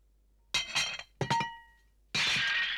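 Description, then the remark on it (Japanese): Dinner plates smash in quick succession: a loud crash, then a second break with bright ringing shards, followed by a sustained, harsh clatter of breaking crockery that runs to the end. “いいないいな、皿の1枚や2枚、いいお嫁さんには変わりね。”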